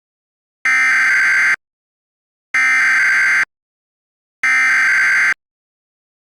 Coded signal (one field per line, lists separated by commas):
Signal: Emergency Alert System (SAME) tones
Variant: header bursts